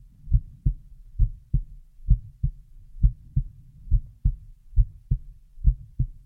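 Deep, muffled paired thumps repeat steadily, a clear lub-dub at about 68 beats a minute, with a soft low rumble between beats. It is a slow, regular adult heartbeat, heart sounds only, with no other sounds.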